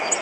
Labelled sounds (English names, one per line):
Golden-cheeked Warbler flight call